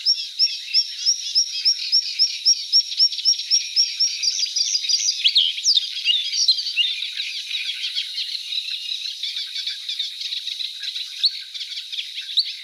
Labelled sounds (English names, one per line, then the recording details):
Bluethroat song
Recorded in the wild
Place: Nagyivan / Hortobagy, HU
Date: 1988-05-20
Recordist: Schwarz, Dieter